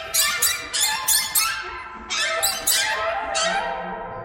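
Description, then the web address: Bird: loud harsh squawks in two runs of several notes each, separated by a brief quieter stretch of softer chirping. "soundfactory birds"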